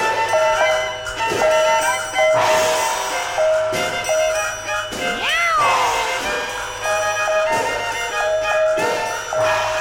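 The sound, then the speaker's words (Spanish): A cat lets out a sharp, wavering yowl that rises and falls in pitch as its tail is stepped on, set against steady, bright tinkling oriental-style music with sustained tones and repeated chiming notes. “pero acompañando la respuesta con música oriental, a lo que contribuía el gato cada vez que le pisaban la cola.”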